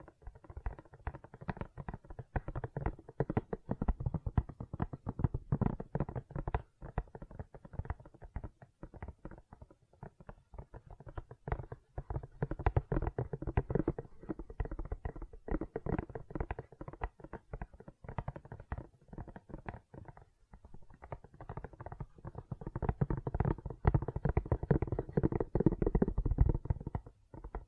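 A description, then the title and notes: Gentle silicone sounds: a dense, steady stream of soft squishy taps and crackles, mostly low and muffled, with brief lulls near 10 and 20 seconds. ASMR Gentle Silicon Sounds for Sleep (No Talking).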